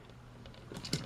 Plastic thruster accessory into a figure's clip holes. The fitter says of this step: but I think it did snap into place so just slide these back up and there we go